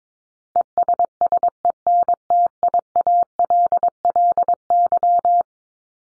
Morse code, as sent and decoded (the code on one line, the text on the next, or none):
. ... ... . -. - .. .- .-.. .-.. -.--
ESSENTIALLY